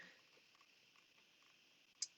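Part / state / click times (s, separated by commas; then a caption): plastic cover onto board game storage tray / seated / 2.0 s. A plastic cover for a board game's scenario/supply tray is pressed onto the storage tray in the box insert. After about two seconds of faint, quiet handling rustle, one short, sharp snap at 2.0 s shows the cover seating into place.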